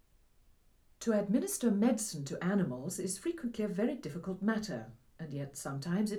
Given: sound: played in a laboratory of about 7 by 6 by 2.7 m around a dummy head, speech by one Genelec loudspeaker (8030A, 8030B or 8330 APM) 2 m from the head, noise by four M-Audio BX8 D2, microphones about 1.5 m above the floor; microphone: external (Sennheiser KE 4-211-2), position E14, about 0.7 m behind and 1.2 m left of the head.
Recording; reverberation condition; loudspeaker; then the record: female speech in English; low; 60 degrees to the left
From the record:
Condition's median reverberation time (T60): about 310 ms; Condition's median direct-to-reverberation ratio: about 3.5 dB